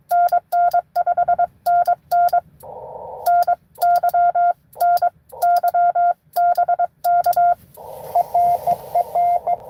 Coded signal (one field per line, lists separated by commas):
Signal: Morse code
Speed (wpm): 22 wpm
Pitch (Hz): 700 Hz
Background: radio noise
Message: NN5 NN NY NY BK ETE ETE